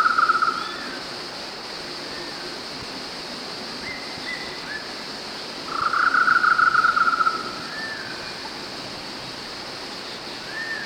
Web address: golden-naped barbet